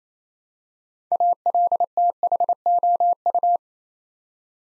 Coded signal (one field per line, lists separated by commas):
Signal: Morse code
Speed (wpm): 27 wpm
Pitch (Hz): 700 Hz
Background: none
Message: ALTHOU